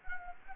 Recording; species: mosquito wingbeat signal from an infrared sensor; Anopheles gambiae